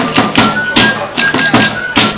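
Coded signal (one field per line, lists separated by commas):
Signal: none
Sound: festival music percussion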